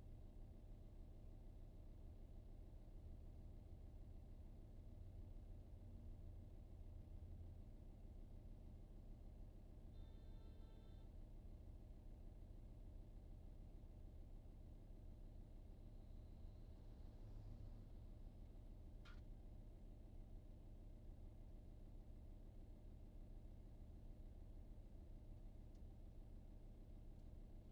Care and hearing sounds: everyday scene through a hearing-aid microphone; in a vehicle; engine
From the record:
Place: VW T5 Caravelle, diesel engine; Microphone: in the ear canal, right

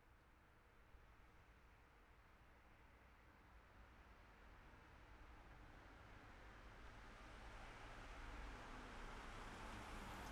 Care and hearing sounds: everyday scene through a hearing-aid microphone; in traffic; traffic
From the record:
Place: city secondary road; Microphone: behind the ear, left, front

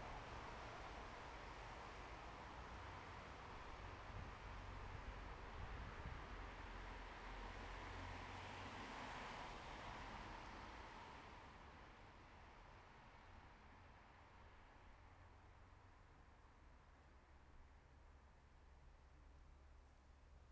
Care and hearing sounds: everyday scene through a hearing-aid microphone; in traffic; traffic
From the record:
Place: bus stop on a city main road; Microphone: behind the ear, left, front

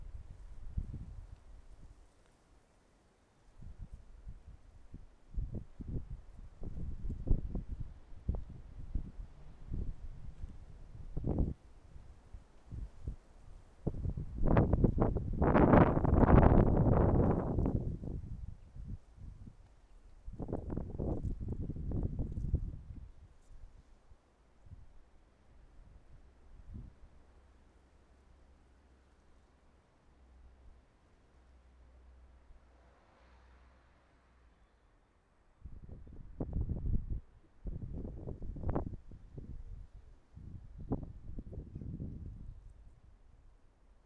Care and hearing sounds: everyday scene through a hearing-aid microphone; wind on the microphone; wind, traffic, birds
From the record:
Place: suburban garden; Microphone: behind the ear, right, front

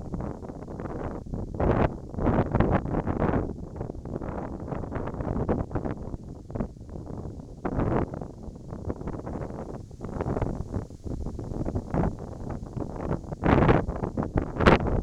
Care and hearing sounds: everyday scene through a hearing-aid microphone; wind on the microphone; wind, whistling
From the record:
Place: in front of a rural house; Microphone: in the ear canal, right

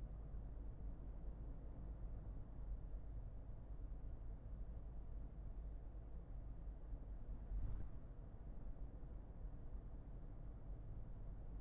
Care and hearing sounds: everyday scene through a hearing-aid microphone; in a vehicle; engine, highway driving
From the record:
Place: Berlingo II, diesel engine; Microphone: behind the ear, left, rear

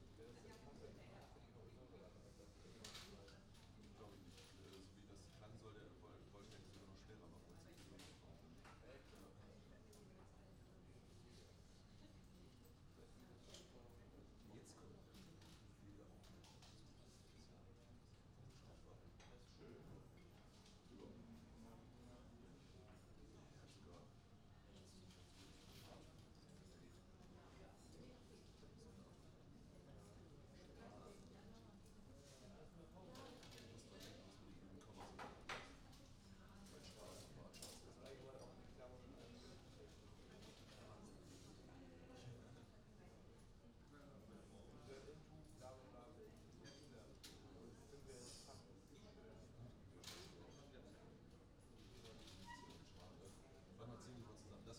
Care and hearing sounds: everyday scene through a hearing-aid microphone; many people talking; many voices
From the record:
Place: university cafeteria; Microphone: in the ear canal, right

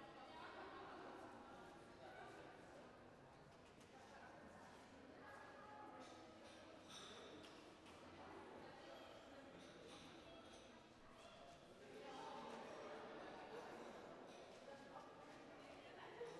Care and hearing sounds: everyday scene through a hearing-aid microphone; reverberant space; background noise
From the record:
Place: railway station hall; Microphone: behind the ear, right, front

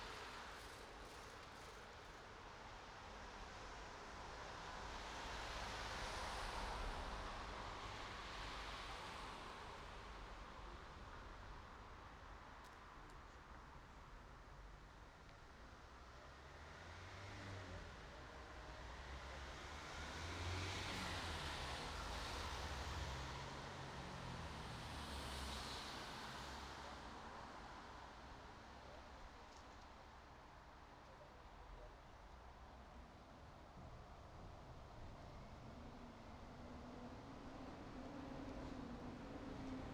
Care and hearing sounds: everyday scene through a hearing-aid microphone; in traffic; traffic, mumbling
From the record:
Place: bus stop on a city main road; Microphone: in the ear canal, right

